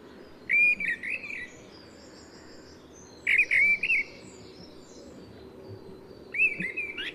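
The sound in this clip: Mistle thrush singing three loud fluty phrases of slurred whistles separated by pauses of about two seconds, with soft high overtones and quiet background noise.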